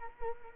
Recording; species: mosquito wingbeat signal from an infrared sensor; Culex quinquefasciatus